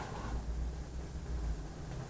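Low, steady rumbling with a couple of soft swells: a dog snoring quietly, a harmless sleep sound.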